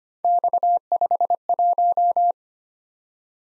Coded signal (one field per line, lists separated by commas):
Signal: Morse code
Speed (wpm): 25 wpm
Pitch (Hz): 700 Hz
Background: none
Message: X51